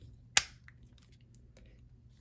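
A second plastic panel on the other side of an SS86 Ultra Magnus transforming action figure is folded over onto the body and clicks home with one sharp, bright snap at 0.4 s. A few faint plastic ticks follow, and the panel is seated.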